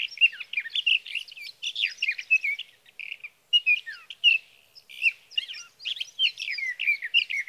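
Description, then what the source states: Sage thrasher song, rapid warbling of varied slurred and chattering notes with a few brief pauses. Male singing through the night near his night roost, evenings June 12 to mornings June 15, 2018, Sierra Valley, California; Swift recorder.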